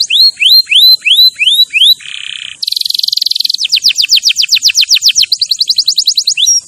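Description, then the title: Canary song of slurred rising whistles, a low buzzy tone, then a high buzz and trills of downward sweeps. Champion canary song used as a master recording for training other birds. "Masteran Kenari Juara"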